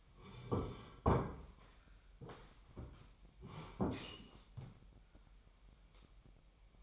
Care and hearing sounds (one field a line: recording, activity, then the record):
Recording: daily activity, microphone in the room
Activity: sit down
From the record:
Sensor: 1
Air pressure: 998.6 hPa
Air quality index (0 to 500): 122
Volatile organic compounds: 3 ppm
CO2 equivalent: 1463 ppm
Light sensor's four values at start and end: 9/22/9/11 and 9/23/9/11